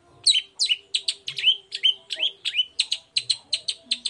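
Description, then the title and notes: Long-tailed shrike song: a fast stream of squeaky, slurred, high notes, some rising and falling, given several times a second. Cendet in morning song with varied 'toet toet' phrases, used as a lure to provoke other long-tailed shrikes into answering. "Langsung NYAUTTTTT ! Cendet Gacor Dor Di Kala Pagi Toet Toet Variasi Suara. Pancingan Emosi Cendet Gacor Full Variasi Toet Toet Bikin Nyaut Cendet Lain Langsung Ikutan Bunyi. Burung cendet"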